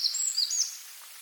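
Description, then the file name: Eurasian wren giving a brief burst of a few very high, sharp chirps lasting under a second, followed by faint background hiss. "Troglodytes troglodytes"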